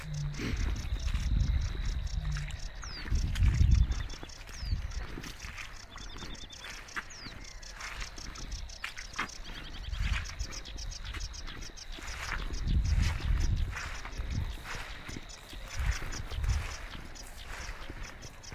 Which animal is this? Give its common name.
Sedge Warbler